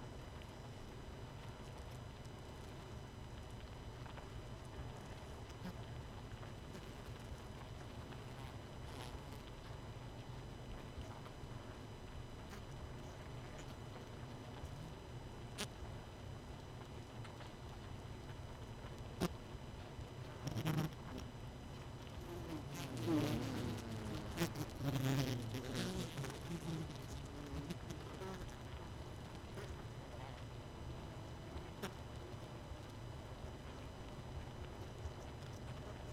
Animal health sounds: honeybee colony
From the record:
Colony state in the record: missing queen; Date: 31 May 2018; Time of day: 20:46

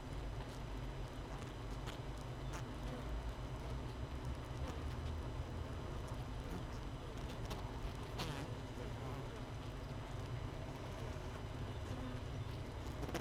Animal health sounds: honeybee colony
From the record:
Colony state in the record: missing queen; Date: 31 May 2018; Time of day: 7:09

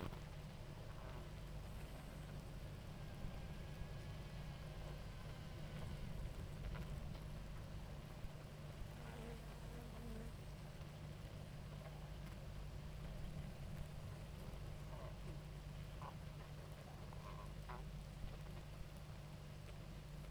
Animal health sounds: honeybee colony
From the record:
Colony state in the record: active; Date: 28 July 2017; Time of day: 18:39

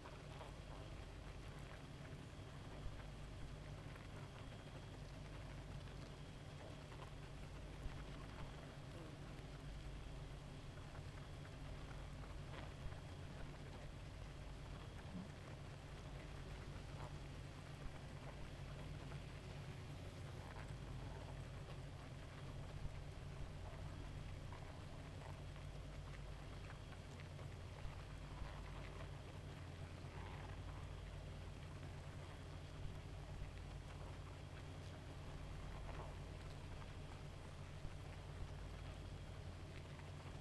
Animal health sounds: honeybee colony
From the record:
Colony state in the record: active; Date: 28 July 2017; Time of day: 0:53

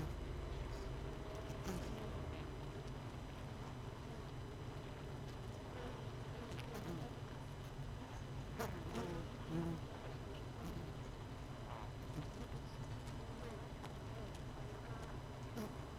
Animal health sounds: honeybee colony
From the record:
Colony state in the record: missing queen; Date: 31 May 2018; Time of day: 17:48

